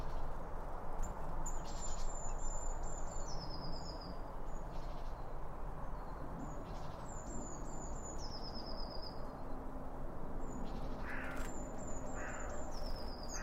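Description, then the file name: Birds giving thin high whistles, several sliding downward in short trills, repeated throughout over a constant low rumbling background noise. Birds around a bird feeder, recorded with two Line Audio OM1 microphones. "Birds Around Birdfeeding With Two Om 1 From Line Audio"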